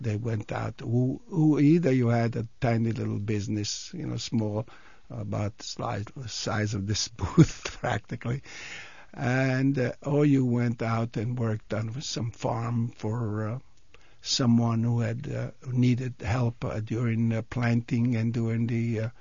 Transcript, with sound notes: They went out, either you had a tiny, little business, you know small, about the size of this booth (he laughs) practically. And, or you went out and worked on some farm for someone who needed help during planting and during the